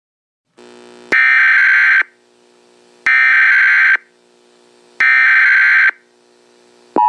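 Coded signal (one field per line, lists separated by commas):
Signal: Emergency Alert System (SAME) tones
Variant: header bursts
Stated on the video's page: Fictional EAS scenario alert about an interstellar war event.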